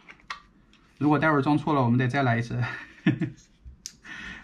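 A plastic cover plate is snapped by hand onto the gear housing of an Odyssey window motor, giving a short click at 0.3 s, after which someone talks. The cover is clipped on only loosely, deliberately not fully tight, because the motor still has to be tested.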